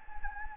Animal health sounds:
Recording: mosquito wingbeat signal from an infrared sensor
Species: Anopheles gambiae

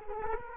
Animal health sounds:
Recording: mosquito wingbeat signal from an infrared sensor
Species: Culex quinquefasciatus

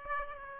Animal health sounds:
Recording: mosquito wingbeat signal from an infrared sensor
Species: Aedes aegypti

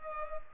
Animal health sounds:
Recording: mosquito wingbeat signal from an infrared sensor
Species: Culex pipiens

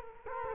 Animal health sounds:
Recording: mosquito wingbeat signal from an infrared sensor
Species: Culex quinquefasciatus

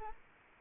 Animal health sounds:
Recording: mosquito wingbeat signal from an infrared sensor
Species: Anopheles arabiensis

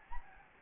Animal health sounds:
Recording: mosquito wingbeat signal from an infrared sensor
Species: Anopheles gambiae

